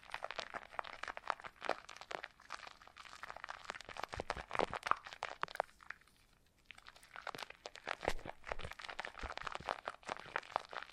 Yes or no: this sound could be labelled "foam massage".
yes